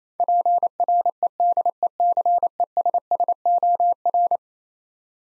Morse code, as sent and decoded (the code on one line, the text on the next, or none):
.--. .-. . -.. . -.-. . ... ... --- .-.
PREDECESSOR